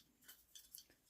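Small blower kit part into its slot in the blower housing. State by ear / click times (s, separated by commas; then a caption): seated / 0.6 s, 0.8 s. Two small parts of a model steam-raising blower kit are pushed by hand into their mounting slots in the blower housing, with faint high-pitched scraping before each. Each seats with a small, sharp click, at 0.6 s and 0.8 s, and both parts are confirmed in place.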